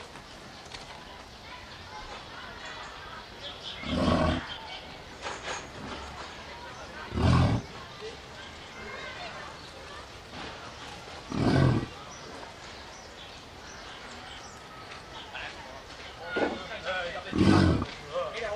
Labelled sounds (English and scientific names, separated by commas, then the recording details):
American Bison (Bison bison) call
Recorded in captivity
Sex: male
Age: adult
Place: Zoo Berlin, Berlin, DE
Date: 1989-07-17
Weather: partly sunny, 12-16°C
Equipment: Sony WM-D6C, Kopie Tesla B 116
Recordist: Tembrock, Günter